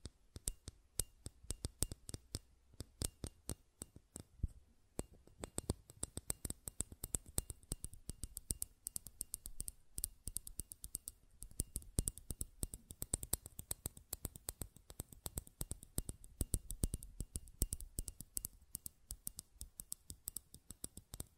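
Buttons click and tap in quick, irregular bursts for the whole stretch, each click sharp and bright. The pace is dense and uneven, with a brief lull near five seconds before the clicking picks up again. A faint low hum sits underneath.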